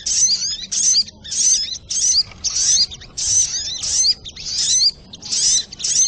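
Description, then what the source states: Little Spiderhunter song: high, bright bursts of twittering, sliding notes, several short phrases separated by brief pauses, with quiet hiss beneath. Training recording (masteran).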